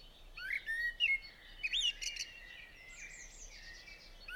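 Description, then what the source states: Eurasian blackbird song: two warbling phrases in the first two and a half seconds, then a thin, high, fainter twittering over a steady background hiss. Singing on a roof, 28 April 2016 at 06:05.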